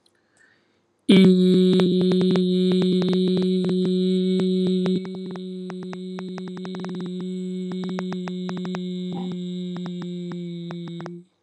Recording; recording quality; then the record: sustained vowel as in beet; excellent, no background noise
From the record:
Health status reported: healthy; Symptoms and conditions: none ticked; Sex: male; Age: 28 years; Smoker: not ticked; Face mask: not worn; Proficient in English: yes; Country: India